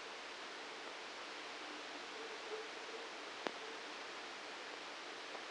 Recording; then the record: brain microelectrode recording played as sound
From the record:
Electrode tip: outside the subthalamic nucleus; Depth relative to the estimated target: -6 mm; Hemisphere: right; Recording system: NeuroSet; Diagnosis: Parkinson's disease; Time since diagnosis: 9 years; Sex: male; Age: 61 years